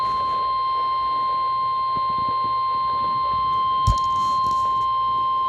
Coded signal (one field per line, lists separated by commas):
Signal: Emergency Alert System (SAME) tones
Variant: 1050 Hz attention tone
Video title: DMX Thursday RWT EAS 1739